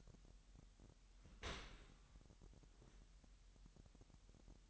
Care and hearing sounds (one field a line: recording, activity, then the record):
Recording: daily activity, microphone in the room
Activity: open dishwasher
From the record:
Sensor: 3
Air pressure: 998.3 hPa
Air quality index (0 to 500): 149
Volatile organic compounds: 5 ppm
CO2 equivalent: 1782 ppm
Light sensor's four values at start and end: 13/39/16/14 and 13/39/16/14